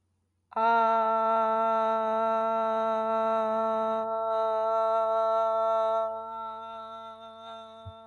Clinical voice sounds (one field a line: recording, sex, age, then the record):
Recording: vowel held as long as possible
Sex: female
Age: 30 to 39 years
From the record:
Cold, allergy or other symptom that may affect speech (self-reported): no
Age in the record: 38 years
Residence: Ohio, United States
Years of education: 21